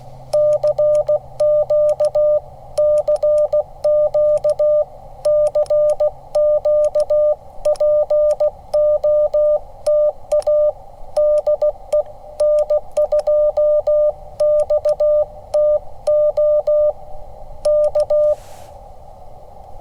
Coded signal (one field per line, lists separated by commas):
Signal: Morse code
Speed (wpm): 16 wpm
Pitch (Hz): 600 Hz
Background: none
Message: CQ CQ CQPOTA DE N2XTO K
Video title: "What Are You Doing?": A Ham Radio CW POTA Primer